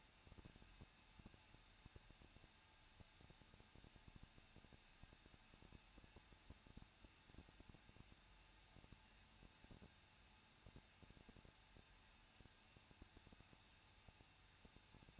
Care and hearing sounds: daily activity, microphone in the room; no activity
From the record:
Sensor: 2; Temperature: 21.0 degrees Celsius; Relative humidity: 37.5%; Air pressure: 1006.2 hPa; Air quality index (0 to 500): 224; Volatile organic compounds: 25 ppm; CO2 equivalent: 2844 ppm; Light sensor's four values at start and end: 2/3/2/2 and 2/3/2/2

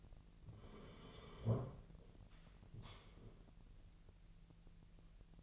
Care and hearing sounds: daily activity, microphone in the room; sit down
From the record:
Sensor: 4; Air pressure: 1002.8 hPa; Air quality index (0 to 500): 250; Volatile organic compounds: 32 ppm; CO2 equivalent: 3006 ppm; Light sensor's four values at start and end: 10/22/9/9 and 10/22/9/9

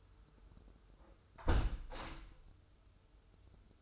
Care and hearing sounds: daily activity, microphone in the room; close window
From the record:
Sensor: 2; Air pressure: 995.6 hPa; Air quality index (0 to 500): 90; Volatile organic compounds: 4 ppm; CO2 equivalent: 1632 ppm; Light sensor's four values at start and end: 24/76/30/29 and 24/76/30/29

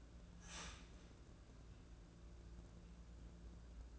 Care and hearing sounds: daily activity, microphone in the room; start toaster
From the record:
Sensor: 2

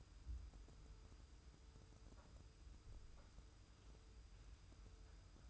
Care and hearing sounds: daily activity, microphone in the room; wipe stove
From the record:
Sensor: 2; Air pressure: 990.4 hPa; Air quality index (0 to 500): 199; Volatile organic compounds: 1000 ppm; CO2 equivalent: 6374 ppm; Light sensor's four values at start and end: 32/77/31/32 and 32/77/31/32

